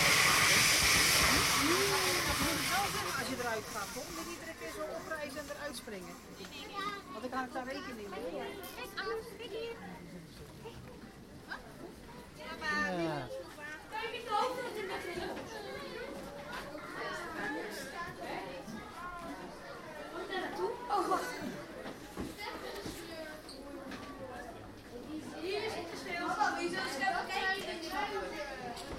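Visitors talk throughout a walk through the zoo, with several overlapping voices forming a steady murmur of chatter. The first few seconds open with a loud burst of hissing noise. After that, individual voices rise and fall, one briefly swelling louder near the end.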